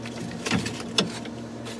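A lock linkage rod is pushed into its plastic retaining clip on the interior door lock handle of a Chevy pickup door while a new interior door handle is being fitted. Over a low steady hum, a soft rustle comes at about 0.5 s, then a sharp click at 1.0 s as the clip snaps onto the handle and the rod is seated.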